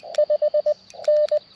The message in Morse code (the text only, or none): 5N